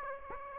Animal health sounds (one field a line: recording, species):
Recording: mosquito wingbeat signal from an infrared sensor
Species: Aedes aegypti